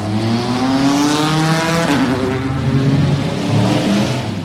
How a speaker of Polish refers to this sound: Po raz 85 w historii samochody zawyły na starcie do 24-godzinnego wyścigu w Le Mans, jednego z największych i najpiękniejszych wyścigów na świecie, stawianego na równi z Indy 500 i Grand Prix Monaco.